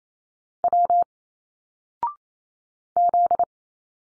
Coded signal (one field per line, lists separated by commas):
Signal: Morse code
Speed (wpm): 28 wpm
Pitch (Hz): 700 Hz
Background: none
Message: W Z